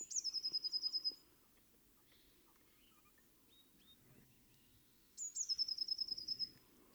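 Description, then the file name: Eurasian blue tit sings two long high trills about four seconds apart, each a thin introductory note then a rapid run of many repeated notes, faint chirps between. "Cyanistes caeruleus"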